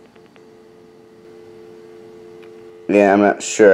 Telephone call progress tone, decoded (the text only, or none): dial tone